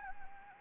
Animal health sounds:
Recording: mosquito wingbeat signal from an infrared sensor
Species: Anopheles gambiae

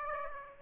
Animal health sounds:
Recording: mosquito wingbeat signal from an infrared sensor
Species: Aedes aegypti

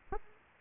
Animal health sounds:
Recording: mosquito wingbeat signal from an infrared sensor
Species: Aedes aegypti

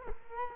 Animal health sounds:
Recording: mosquito wingbeat signal from an infrared sensor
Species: Culex quinquefasciatus

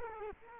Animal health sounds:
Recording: mosquito wingbeat signal from an infrared sensor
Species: Culex quinquefasciatus

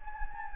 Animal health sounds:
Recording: mosquito wingbeat signal from an infrared sensor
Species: Anopheles gambiae

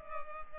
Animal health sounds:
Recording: mosquito wingbeat signal from an infrared sensor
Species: Culex pipiens

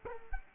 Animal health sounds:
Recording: mosquito wingbeat signal from an infrared sensor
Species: Culex quinquefasciatus

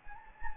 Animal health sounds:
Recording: mosquito wingbeat signal from an infrared sensor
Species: Anopheles gambiae

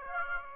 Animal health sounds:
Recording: mosquito wingbeat signal from an infrared sensor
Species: Aedes aegypti

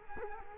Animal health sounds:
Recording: mosquito wingbeat signal from an infrared sensor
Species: Culex quinquefasciatus

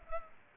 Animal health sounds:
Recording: mosquito wingbeat signal from an infrared sensor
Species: Culex pipiens

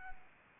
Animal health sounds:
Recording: mosquito wingbeat signal from an infrared sensor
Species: Anopheles arabiensis

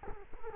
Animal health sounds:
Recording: mosquito wingbeat signal from an infrared sensor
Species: Culex quinquefasciatus

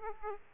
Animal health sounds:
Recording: mosquito wingbeat signal from an infrared sensor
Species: Aedes aegypti

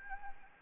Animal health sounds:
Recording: mosquito wingbeat signal from an infrared sensor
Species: Anopheles gambiae

